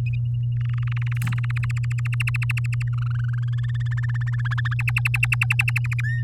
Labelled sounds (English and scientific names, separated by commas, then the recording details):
Domestic Canary (Serinus canaria) song
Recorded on 7 May 2018 at 13:44
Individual llb16